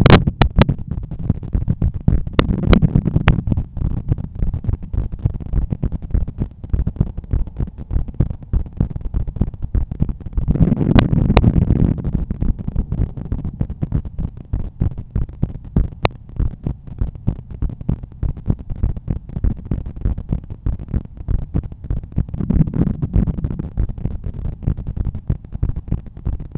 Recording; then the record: heart sounds by stethoscope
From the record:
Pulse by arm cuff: 96 bpm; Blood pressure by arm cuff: 136/87 mmHg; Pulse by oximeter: 96 bpm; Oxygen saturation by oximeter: 98%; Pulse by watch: 103 bpm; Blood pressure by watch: 130/84 mmHg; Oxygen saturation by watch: 96%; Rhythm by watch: sinus rhythm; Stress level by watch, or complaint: low stress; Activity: after 5 min smoking and coffee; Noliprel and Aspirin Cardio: before pills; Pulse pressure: 49 mmHg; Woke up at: 7:20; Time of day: 8:20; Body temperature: 36.5 C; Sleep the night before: 7 h 55 min, score 79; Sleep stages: REM 22%, light 61%, deep 7%, awake 10%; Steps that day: 8800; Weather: sunny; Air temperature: 14.5 C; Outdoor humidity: 89%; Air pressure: 1014 hPa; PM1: 4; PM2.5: 7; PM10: 8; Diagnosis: hypertension, treated with Noliprel and Aspirin Cardio 100 mg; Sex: male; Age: 53 years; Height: 174 cm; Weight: 81 kg